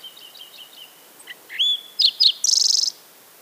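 Green-tailed towhee song: a soft series of thin repeated notes, then a loud rising slurred whistle and two sharp notes, ending in a fast, high buzzy trill.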